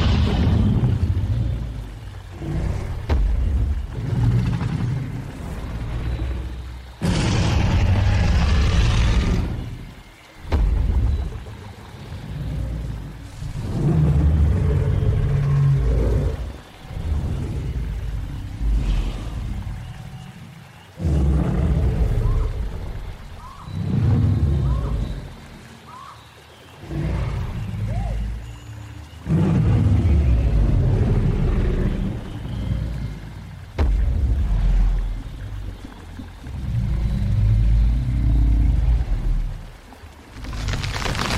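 Dinosaur sounds: a string of deep, rumbling roars and growls, each lasting a few seconds with short quiet gaps between them. Around eight seconds in, a harsher, hissing roar cuts through, and the low growls carry on unevenly to the end.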